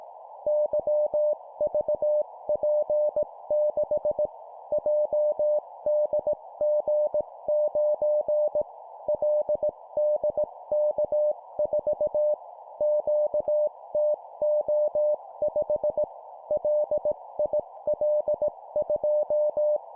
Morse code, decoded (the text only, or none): YVP6 JDG9 LDK4 QTO5 LIL2